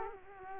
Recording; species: mosquito wingbeat signal from an infrared sensor; Culex quinquefasciatus